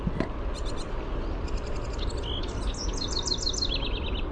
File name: HOWR song